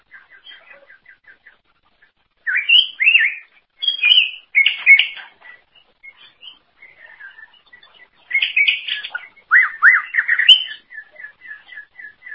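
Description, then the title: Greater green leafbird: a soft series of rapid, evenly repeated chip notes at the start and end frames louder bursts of slurred whistled warbling. "Cucak ijo"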